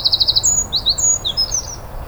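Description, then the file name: Eurasian wren ending a rapid pulsed trill, followed by several sharp, high, sliding notes delivered in quick succession. "Troglodytes troglodytes"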